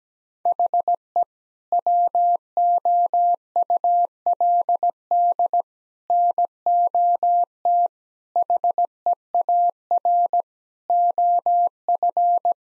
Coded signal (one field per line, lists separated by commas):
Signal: Morse code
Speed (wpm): 17 wpm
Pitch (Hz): 700 Hz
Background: none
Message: HE WOULD NOT HEAR OF